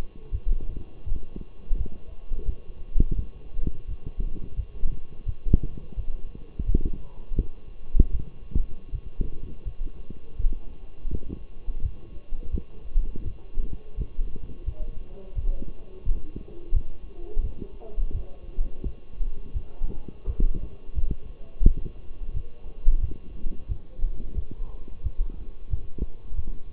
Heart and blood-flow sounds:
heart sounds by stethoscope; between the tricuspid and mitral areas; 85 bpm
0.31 s: heartbeat
1.05 s: heartbeat
1.77 s: heartbeat
2.46 s: heartbeat
3.15 s: heartbeat
3.87 s: heartbeat
4.56 s: heartbeat
5.26 s: heartbeat
5.96 s: heartbeat
6.66 s: heartbeat
7.36 s: heartbeat
8.11 s: heartbeat
8.91 s: heartbeat
9.64 s: heartbeat
10.37 s: heartbeat
11.10 s: heartbeat
11.81 s: heartbeat
12.51 s: heartbeat
13.24 s: heartbeat
13.96 s: heartbeat
14.65 s: heartbeat
15.35 s: heartbeat
16.04 s: heartbeat
16.73 s: heartbeat
17.42 s: heartbeat
18.13 s: heartbeat
18.83 s: heartbeat
19.53 s: heartbeat
20.26 s: heartbeat
20.95 s: heartbeat
21.64 s: heartbeat
22.33 s: heartbeat
23.00 s: heartbeat
23.68 s: heartbeat
24.35 s: heartbeat
25.03 s: heartbeat
25.70 s: heartbeat
26.36 s: heartbeat
From the record:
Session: walking at 3.7 km/h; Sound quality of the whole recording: partially saturated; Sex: male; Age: 24 years

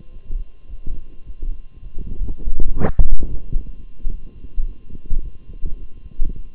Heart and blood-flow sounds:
heart sounds by stethoscope; between the tricuspid and mitral areas; 106 bpm
0.11 s: heartbeat
0.68 s: heartbeat
1.24 s: heartbeat
1.81 s: heartbeat
2.38 s: heartbeat
2.95 s: heartbeat
3.52 s: heartbeat
4.08 s: heartbeat
4.65 s: heartbeat
5.21 s: heartbeat
5.77 s: heartbeat
6.34 s: heartbeat
From the record:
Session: walking at 3.7 km/h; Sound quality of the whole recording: good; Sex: male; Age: 23 years

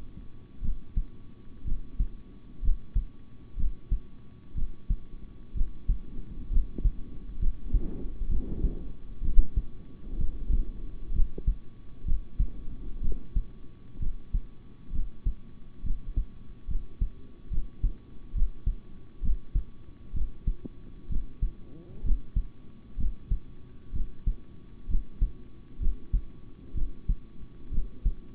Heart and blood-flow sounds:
heart sounds by stethoscope; between the tricuspid and mitral areas; 64 bpm
0.61 s: heartbeat
1.64 s: heartbeat
2.61 s: heartbeat
3.56 s: heartbeat
4.54 s: heartbeat
5.54 s: heartbeat
6.50 s: heartbeat
7.38 s: heartbeat
8.28 s: heartbeat
9.21 s: heartbeat
10.17 s: heartbeat
11.13 s: heartbeat
12.04 s: heartbeat
13.01 s: heartbeat
13.99 s: heartbeat
14.91 s: heartbeat
15.83 s: heartbeat
16.67 s: heartbeat
17.50 s: heartbeat
18.34 s: heartbeat
19.21 s: heartbeat
20.13 s: heartbeat
21.08 s: heartbeat
22.03 s: heartbeat
22.97 s: heartbeat
23.92 s: heartbeat
24.87 s: heartbeat
25.79 s: heartbeat
26.74 s: heartbeat
27.70 s: heartbeat
From the record:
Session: rest, sitting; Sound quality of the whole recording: good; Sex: male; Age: 26 years

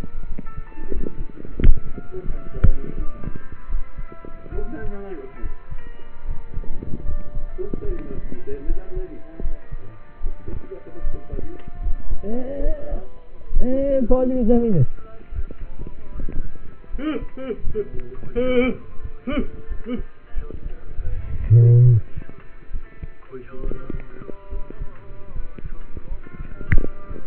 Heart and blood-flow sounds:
heart sounds by stethoscope; between the tricuspid and mitral areas; 77 bpm
0.27 s: heartbeat
0.90 s: heartbeat
1.56 s: heartbeat
2.25 s: heartbeat
2.96 s: heartbeat
3.68 s: heartbeat
4.53 s: heartbeat
5.40 s: heartbeat
6.24 s: heartbeat
7.04 s: heartbeat
7.85 s: heartbeat
8.64 s: heartbeat
9.40 s: heartbeat
10.20 s: heartbeat
11.01 s: heartbeat
11.79 s: heartbeat
12.60 s: heartbeat
13.50 s: heartbeat
14.42 s: heartbeat
15.30 s: heartbeat
16.13 s: heartbeat
16.89 s: heartbeat
17.62 s: heartbeat
18.32 s: heartbeat
19.00 s: heartbeat
19.67 s: heartbeat
20.33 s: heartbeat
21.02 s: heartbeat
21.85 s: heartbeat
22.70 s: heartbeat
23.61 s: heartbeat
24.48 s: heartbeat
25.32 s: heartbeat
26.07 s: heartbeat
26.78 s: heartbeat
From the record:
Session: rest, lying down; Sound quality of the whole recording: partially saturated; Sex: male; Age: 27 years

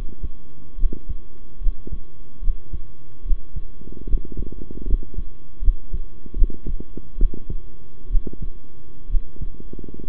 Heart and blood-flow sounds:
heart sounds by stethoscope; between the tricuspid and mitral areas; 71 bpm
0.77 s: heartbeat
1.60 s: heartbeat
2.41 s: heartbeat
3.24 s: heartbeat
4.07 s: heartbeat
4.86 s: heartbeat
5.61 s: heartbeat
6.35 s: heartbeat
7.17 s: heartbeat
8.09 s: heartbeat
9.09 s: heartbeat
10.08 s: heartbeat
From the record:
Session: rest, sitting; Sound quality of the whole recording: good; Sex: male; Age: 23 years

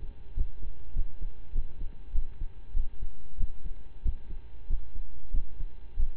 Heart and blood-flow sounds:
heart sounds by stethoscope; between the tricuspid and mitral areas; 96 bpm
0.34 s: heartbeat
0.93 s: heartbeat
1.52 s: heartbeat
2.12 s: heartbeat
2.73 s: heartbeat
3.37 s: heartbeat
4.02 s: heartbeat
4.66 s: heartbeat
5.30 s: heartbeat
5.96 s: heartbeat
From the record:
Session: slow and fast walking with breaks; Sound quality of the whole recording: saturated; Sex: male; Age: 25 years

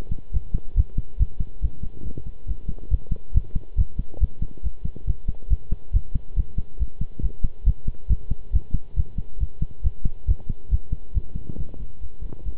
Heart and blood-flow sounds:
heart sounds by stethoscope; between the tricuspid and mitral areas; 139 bpm
0.33 s: heartbeat
0.76 s: heartbeat
1.19 s: heartbeat
1.62 s: heartbeat
2.04 s: heartbeat
2.47 s: heartbeat
2.90 s: heartbeat
3.34 s: heartbeat
3.77 s: heartbeat
4.20 s: heartbeat
4.63 s: heartbeat
5.07 s: heartbeat
5.50 s: heartbeat
5.93 s: heartbeat
6.36 s: heartbeat
6.79 s: heartbeat
7.22 s: heartbeat
7.66 s: heartbeat
8.09 s: heartbeat
8.53 s: heartbeat
8.96 s: heartbeat
9.40 s: heartbeat
9.84 s: heartbeat
10.28 s: heartbeat
10.71 s: heartbeat
11.14 s: heartbeat
11.57 s: heartbeat
12.01 s: heartbeat
12.45 s: heartbeat
From the record:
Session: pedaling a stationary bicycle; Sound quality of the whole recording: good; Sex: male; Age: 23 years

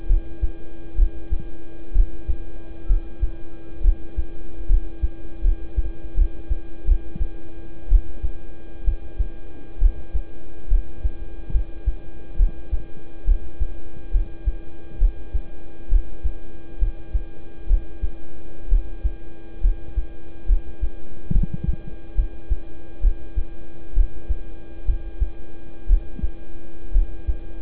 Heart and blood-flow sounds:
heart sounds by stethoscope; between the tricuspid and mitral areas; 67 bpm
0.06 s: heartbeat
0.95 s: heartbeat
1.92 s: heartbeat
2.86 s: heartbeat
3.81 s: heartbeat
4.66 s: heartbeat
5.41 s: heartbeat
6.14 s: heartbeat
6.85 s: heartbeat
7.88 s: heartbeat
8.84 s: heartbeat
9.78 s: heartbeat
10.68 s: heartbeat
11.51 s: heartbeat
12.36 s: heartbeat
13.25 s: heartbeat
14.11 s: heartbeat
14.98 s: heartbeat
15.89 s: heartbeat
16.78 s: heartbeat
17.67 s: heartbeat
18.68 s: heartbeat
19.61 s: heartbeat
20.46 s: heartbeat
21.32 s: heartbeat
22.15 s: heartbeat
23.01 s: heartbeat
23.94 s: heartbeat
24.85 s: heartbeat
25.86 s: heartbeat
26.91 s: heartbeat
From the record:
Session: rest, lying down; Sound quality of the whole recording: good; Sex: male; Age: 26 years

